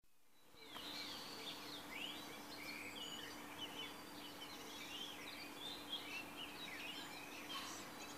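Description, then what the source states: Bird chorus of high thin chirps and short whistled notes from several birds, overlapping throughout, over a steady low hum and background hiss. Recorded in March 2014.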